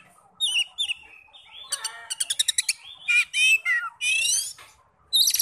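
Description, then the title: Oriental magpie-robin singing a varied run of sharp whistles, rapid trills and scratchy notes, bursts separated by short pauses, ending with a high ringing phrase. "Kacer"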